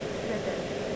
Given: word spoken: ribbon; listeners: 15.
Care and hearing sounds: one English word in noise, from a listening test; speech-shaped noise; -4.7 dB; 2 of 15; 6 of 15; 0.56 s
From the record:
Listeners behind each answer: 6, 2, 2, 1, 1, 1, 1, 1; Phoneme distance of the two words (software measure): 24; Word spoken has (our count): 2 syllables, 5 phonemes, stress on syllable 1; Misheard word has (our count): 2 syllables, 5 phonemes, stress on syllable 1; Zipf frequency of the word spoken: 3.58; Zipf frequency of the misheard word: 4.38

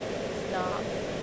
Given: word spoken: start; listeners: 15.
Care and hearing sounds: one English word in noise, from a listening test; speech-shaped noise; -5.2 dB; 4 of 15; 7 of 15; 0.83 s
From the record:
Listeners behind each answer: 7, 4, 1, 1, 1, 1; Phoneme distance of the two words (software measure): 27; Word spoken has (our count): 1 syllable, 4 phonemes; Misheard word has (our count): 1 syllable, 3 phonemes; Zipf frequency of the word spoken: 5.77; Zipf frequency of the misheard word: 4.94

